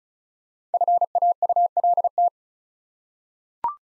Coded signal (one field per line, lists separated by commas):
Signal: Morse code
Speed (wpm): 36 wpm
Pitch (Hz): 700 Hz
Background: none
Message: FAULT